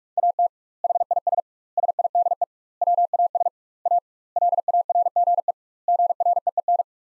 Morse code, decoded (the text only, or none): AT HIS SIDE WAS A LARGE GREEN